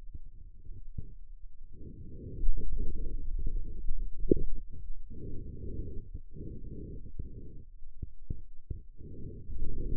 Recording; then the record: forearm muscle sounds (acoustic myography)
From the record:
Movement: hand opening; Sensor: system 2, bracelet of six BSWA MPA416 microphones around the upper forearm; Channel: 6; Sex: male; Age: 22 years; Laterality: right